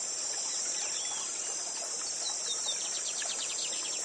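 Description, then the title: Lined seedeater song: a few thin whistled notes, then a rapid run of repeated high descending strokes in the second half, with steady water and hissing background. Bigodinho 'Gavião negro', a song-teacher bird, singing live beside a waterfall. "Canto de Bigodinho. Bigode Gavião negro professor de canto cantando ao vivo com cascata!"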